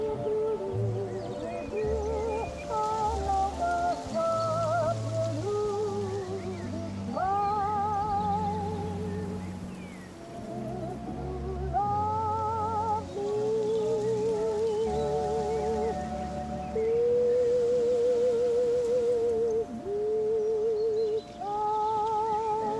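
Music plays from an open cabin door, a steady melody with a warbling lead line over low bass notes, continuing throughout with small gaps.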